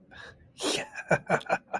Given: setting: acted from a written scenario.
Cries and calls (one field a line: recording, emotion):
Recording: vocal sound without words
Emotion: triumph